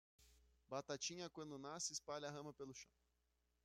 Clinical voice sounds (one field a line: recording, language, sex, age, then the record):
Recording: short text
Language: Brazilian Portuguese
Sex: male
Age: 30 to 39 years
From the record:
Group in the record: control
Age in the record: 34 years